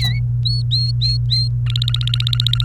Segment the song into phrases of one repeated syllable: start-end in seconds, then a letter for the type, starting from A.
0.46-1.48 A, 1.67-2.65 B